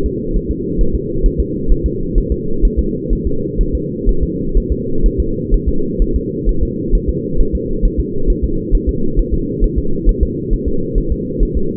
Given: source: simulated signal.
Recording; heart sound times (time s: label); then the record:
fetal heart sounds
0.06 s: S2
0.36 s: S1
0.51 s: S2
0.81 s: S1
0.95 s: S2
1.26 s: S1
1.40 s: S2
1.72 s: S1
1.86 s: S2
2.18 s: S1
2.32 s: S2
2.65 s: S1
2.79 s: S2
3.13 s: S1
3.27 s: S2
3.61 s: S1
3.75 s: S2
4.09 s: S1
4.23 s: S2
4.58 s: S1
4.72 s: S2
5.06 s: S1
5.20 s: S2
5.54 s: S1
5.69 s: S2
6.02 s: S1
6.16 s: S2
6.49 s: S1
6.63 s: S2
6.95 s: S1
7.09 s: S2
7.41 s: S1
7.55 s: S2
7.85 s: S1
8.00 s: S2
8.30 s: S1
8.44 s: S2
8.75 s: S1
8.89 s: S2
9.19 s: S1
9.34 s: S2
9.64 s: S1
9.79 s: S2
10.09 s: S1
10.23 s: S2
10.53 s: S1
10.68 s: S2
10.98 s: S1
11.12 s: S2
11.43 s: S1
11.57 s: S2
From the record:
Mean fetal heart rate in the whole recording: 130 bpm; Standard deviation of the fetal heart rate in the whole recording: 4 bpm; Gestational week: 38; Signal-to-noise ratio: -8.1 dB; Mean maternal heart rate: 72 bpm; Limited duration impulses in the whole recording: absent